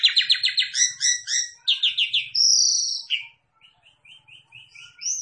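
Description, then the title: Javan pied starling song: rapid repeated chattering notes, a long buzzy whistle, then a quieter series of short evenly spaced chirps. Lure call meant to make the bird call back straight away. "Pancingan Jalak Suren Langsung Bunyi"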